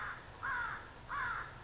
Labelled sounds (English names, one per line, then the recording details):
California Towhee
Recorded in Sonoma County, California